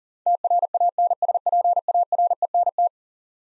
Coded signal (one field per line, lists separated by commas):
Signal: Morse code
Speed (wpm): 37 wpm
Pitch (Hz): 700 Hz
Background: none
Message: TRANSPARENT